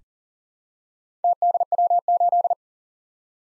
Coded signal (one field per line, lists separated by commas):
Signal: Morse code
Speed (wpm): 42 wpm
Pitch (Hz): 700 Hz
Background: none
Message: TDW8